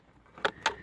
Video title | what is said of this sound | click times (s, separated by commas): Odyssey Shift light "D" bulb replacement. | sure you hear is snapped okay | 0.5 s, 0.7 s